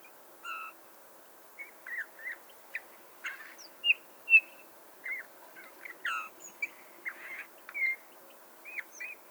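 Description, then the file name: Eurasian bullfinch uttering soft, short whistled calls at irregular intervals, some slurred downward, with a few louder sharp notes. "Pyrrhula pyrrhula"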